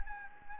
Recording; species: mosquito wingbeat signal from an infrared sensor; Anopheles gambiae